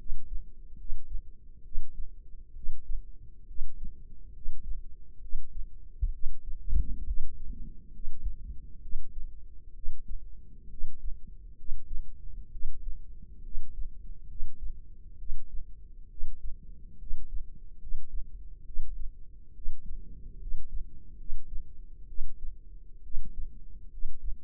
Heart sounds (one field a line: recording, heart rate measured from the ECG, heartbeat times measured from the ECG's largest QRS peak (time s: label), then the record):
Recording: heart sounds by microphone in the left ear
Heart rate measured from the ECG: 67 bpm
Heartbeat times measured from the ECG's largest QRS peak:
0.75 s: heartbeat
1.62 s: heartbeat
2.53 s: heartbeat
3.45 s: heartbeat
4.31 s: heartbeat
5.19 s: heartbeat
6.10 s: heartbeat
7.04 s: heartbeat
7.90 s: heartbeat
8.79 s: heartbeat
9.72 s: heartbeat
10.67 s: heartbeat
11.55 s: heartbeat
12.49 s: heartbeat
13.41 s: heartbeat
14.26 s: heartbeat
15.16 s: heartbeat
16.07 s: heartbeat
16.96 s: heartbeat
17.77 s: heartbeat
18.63 s: heartbeat
19.52 s: heartbeat
20.37 s: heartbeat
21.15 s: heartbeat
22.05 s: heartbeat
23.01 s: heartbeat
23.88 s: heartbeat
From the record:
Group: healthy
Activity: rest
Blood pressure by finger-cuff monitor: 133/72 mmHg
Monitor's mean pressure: 92 mmHg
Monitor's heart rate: 67 bpm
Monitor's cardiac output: 6.3 L/min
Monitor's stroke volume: 92 mL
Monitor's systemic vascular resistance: 1030 dyn s/cm5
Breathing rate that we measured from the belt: 18 breaths a minute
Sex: female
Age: 22 years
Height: 154 cm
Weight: 58.7 kg